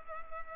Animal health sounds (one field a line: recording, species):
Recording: mosquito wingbeat signal from an infrared sensor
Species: Culex pipiens